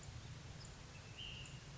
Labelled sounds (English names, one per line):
Ash-throated Flycatcher